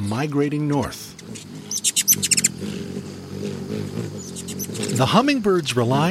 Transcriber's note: Ruby-throated Hummingbird sounds